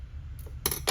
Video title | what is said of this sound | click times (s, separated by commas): P-150042 SCIAP Install Video | The pin installs from the back, and you should hear it click into place. | 0.7 s